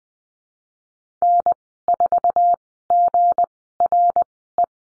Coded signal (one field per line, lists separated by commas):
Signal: Morse code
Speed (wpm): 20 wpm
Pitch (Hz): 700 Hz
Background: none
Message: N4GRE